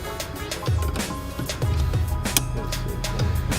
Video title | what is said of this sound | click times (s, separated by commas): BMW Hella Covers and Wiper Install // BMW e30 | you hear the click it means it sound good and bang that's | 2.4 s